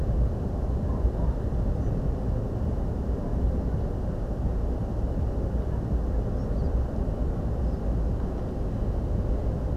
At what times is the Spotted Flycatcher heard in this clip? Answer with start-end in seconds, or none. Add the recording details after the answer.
1.74-1.90. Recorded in France